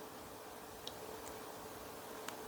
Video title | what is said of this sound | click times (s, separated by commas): Part 24 Building The Fanhome R2-D2 Stages 91, 92, 93, 94 | there we go kind of Clicks in place just like that then we'll bring this piece back in | 0.9 s, 2.3 s